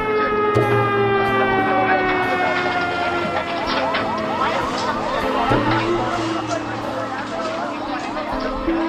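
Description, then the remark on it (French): Several emergency sirens wail at once after a bus explosion in Karachi, their rising and falling tones overlapping loudly and continuously, with a low steady rumble beneath and bursts of agitated voices mixed in. “S'ensuit une formidable explosion, des sirènes, des cris.”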